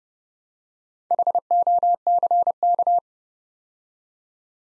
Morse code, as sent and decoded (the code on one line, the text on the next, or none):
.... --- -.-. -.-
HOCK